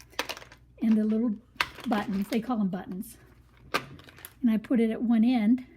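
Someone handles a small end stopper button, fitting it onto one end of an interchangeable knitting needle cable, with brief sharp ticks around 0.2 s and 3.8 s while someone talks. Nothing has seated or locked yet.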